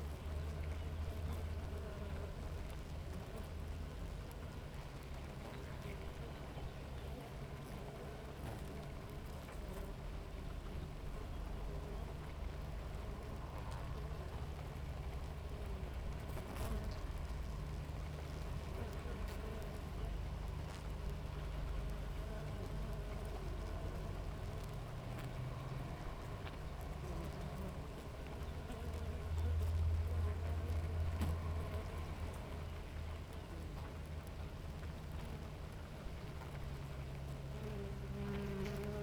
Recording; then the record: honeybee colony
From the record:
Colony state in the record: active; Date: 28 July 2017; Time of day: 7:12